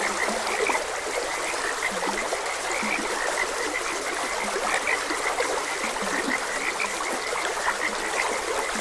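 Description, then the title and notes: Frogs croaking, with many quick high chirps and low throaty croaks scattered throughout above a continuous trickling stream. Frogs croaking beside a gentle stream. "Gentle Stream and Frogs Croaking. Sleep and Relaxation Podcast"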